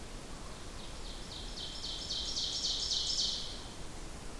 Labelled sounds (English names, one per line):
Ovenbird song